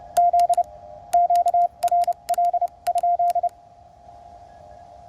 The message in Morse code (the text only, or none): Z QRL?